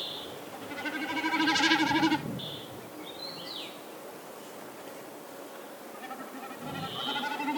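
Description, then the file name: Snipe producing a loud, throbbing, goat-like bleating tremolo that rises and fades, then a quieter one at the end, with brief whistled notes in between. "bekas"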